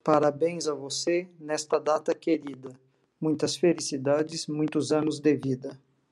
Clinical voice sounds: short text; Brazilian Portuguese; male; 50 to 59 years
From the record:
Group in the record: control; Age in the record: 50 years

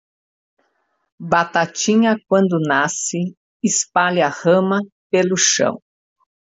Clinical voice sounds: short text; Brazilian Portuguese; female; 60 to 69 years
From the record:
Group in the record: control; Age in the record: 60 years

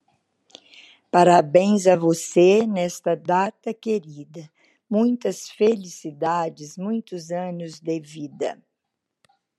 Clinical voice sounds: short text; Brazilian Portuguese; female; 70 to 79 years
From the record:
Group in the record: control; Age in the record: 79 years

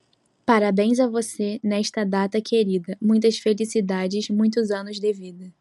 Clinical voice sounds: short text; Brazilian Portuguese; female; 18 to 19 years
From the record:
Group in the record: control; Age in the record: 19 years

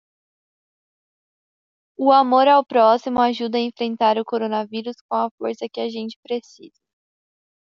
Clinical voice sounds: spoken sentence; Brazilian Portuguese; female; 20 to 29 years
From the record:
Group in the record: control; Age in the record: 20 years

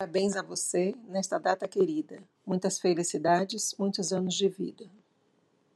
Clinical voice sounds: short text; Brazilian Portuguese; female; 50 to 59 years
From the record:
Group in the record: control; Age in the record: 51 years

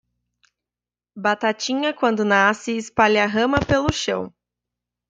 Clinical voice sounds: short text; Brazilian Portuguese; female; 20 to 29 years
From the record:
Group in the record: control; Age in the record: 26 years

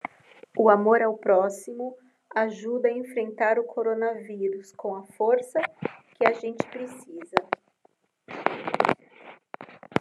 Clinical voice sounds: spoken sentence; Brazilian Portuguese; female; 40 to 49 years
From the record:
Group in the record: control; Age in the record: 40 years

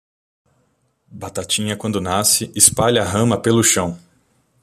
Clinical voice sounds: short text; Brazilian Portuguese; male; 20 to 29 years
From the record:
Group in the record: control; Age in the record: 28 years

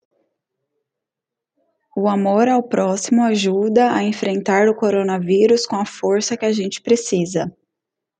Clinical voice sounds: spoken sentence; Brazilian Portuguese; female; 30 to 39 years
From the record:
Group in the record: control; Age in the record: 32 years

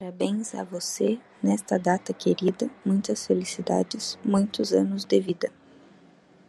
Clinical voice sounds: short text; Brazilian Portuguese; female; 20 to 29 years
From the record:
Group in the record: control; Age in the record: 26 years

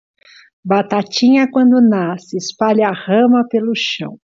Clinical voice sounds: short text; Brazilian Portuguese; female; 60 to 69 years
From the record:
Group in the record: control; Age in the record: 64 years

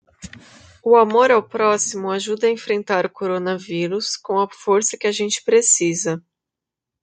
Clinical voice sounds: spoken sentence; Brazilian Portuguese; female; 30 to 39 years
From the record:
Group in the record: control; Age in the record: 31 years

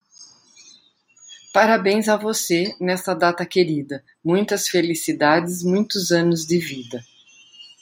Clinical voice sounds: short text; Brazilian Portuguese; female; 50 to 59 years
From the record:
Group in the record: control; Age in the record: 51 years

